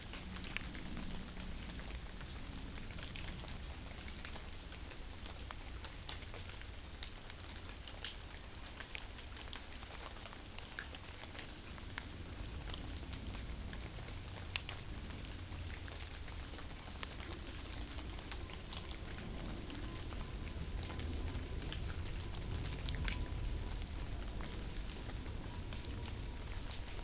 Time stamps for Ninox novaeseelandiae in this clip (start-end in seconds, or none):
none